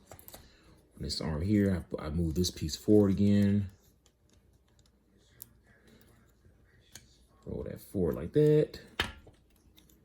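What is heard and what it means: Someone talks while handling a plastic toy piece on a transforming figure, rolling it forward toward its place, with faint plastic clicks and handling taps between the words. Nothing has seated or clicked yet; the piece is still being moved and has not snapped into place.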